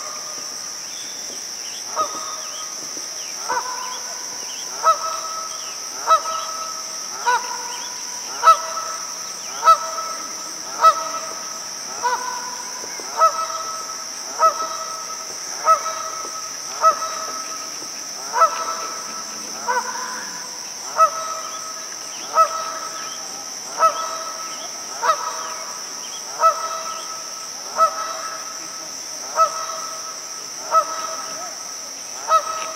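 A marsh recording in which a goose honks over and over, nearly once every second and a half, each call loud and nasal. A steady high insect whine hangs beneath everything, with faint calls from other birds scattered in the background.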